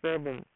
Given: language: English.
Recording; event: throat vibration sensor signal played as sound; speech